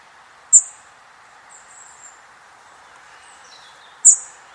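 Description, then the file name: European robin calls: two sharp, very high thin notes about three and a half seconds apart, with faint twittering between them and a low steady hiss. "Erithacus rubecula"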